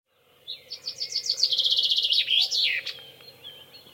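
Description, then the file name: Common chaffinch song, an accelerating cascade of clear chips running into a rapid trill and ending in a falling terminal flourish, with faint hiss behind. "Fringilla coelebs"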